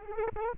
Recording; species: mosquito wingbeat signal from an infrared sensor; Aedes aegypti